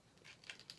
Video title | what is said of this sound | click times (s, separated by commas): Mythic Legions Purrrplor Unboxing & Review! My First In Hand Look at Mythic Legions | pops right in | 0.5 s, 0.7 s